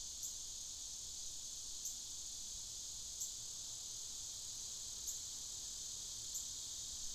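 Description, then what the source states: Cicada chorus, an unbroken shrill buzzing drone, with soft clicks recurring about every one to two seconds over quiet low background noise. Cicadas in the afternoon.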